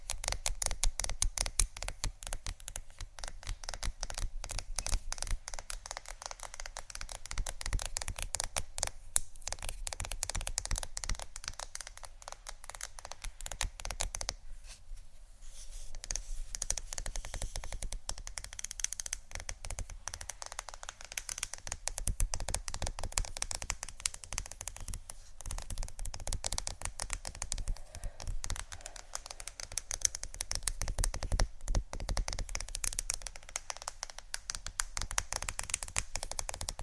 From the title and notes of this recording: ASMR Fast Tapping ( Wood, Book, Metal, Etc. ) No Talking.